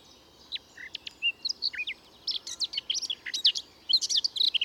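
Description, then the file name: Eurasian blackcap song, a busy warble of quick scratchy and chirping notes with a few brief whistled slurs, over soft constant background noise. "Sylvia atricapilla"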